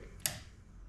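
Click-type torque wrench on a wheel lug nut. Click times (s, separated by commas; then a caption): 0.3 s. A click-type torque wrench tightening a wheel lug nut on a race car reaches its setting and gives one sharp, short click at 0.3 s. Faint low background noise surrounds it. The lug nut is confirmed torqued to the wrench's setting.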